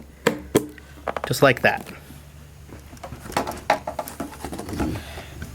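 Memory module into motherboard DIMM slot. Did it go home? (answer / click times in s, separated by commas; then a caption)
yes / 0.3 s, 1.2 s. The first memory module is pressed down evenly into a motherboard DIMM slot until the plastic latches on both sides click, heard as sharp clicks at 0.3 s and 1.2 s. The module is seated, and someone talks.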